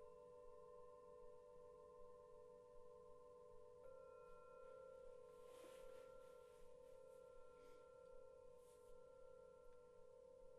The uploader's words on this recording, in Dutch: Het is vooral een ontspannende meditatie met klankschalen en gong.